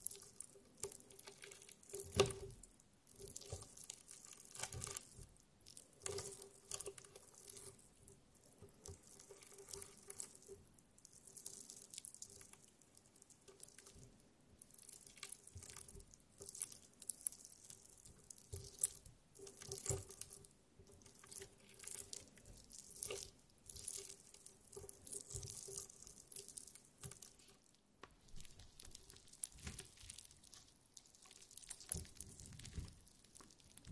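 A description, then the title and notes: Jelly sounds: wet, squishy smacks and slurps come in irregular bursts throughout, with a faint steady low tone running underneath. ASMR Stress Relieving Jelly Sounds For Sleep.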